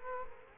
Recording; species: mosquito wingbeat signal from an infrared sensor; Culex quinquefasciatus